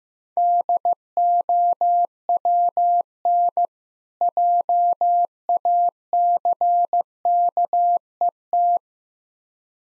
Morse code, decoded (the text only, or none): DOWN JACKET